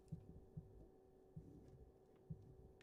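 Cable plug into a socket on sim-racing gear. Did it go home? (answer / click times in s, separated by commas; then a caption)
no / none. A cable plug, flipped over after being found upside down, is pushed into its socket on sim-racing gear. Only soft low thumps at about 0.1, 0.6, 1.4 and 2.3 seconds over a steady hum are heard, with a brief faint high tick at 2.8 seconds. The connector does not snap into place and nothing has clicked yet, though it holds in the socket and does not come out.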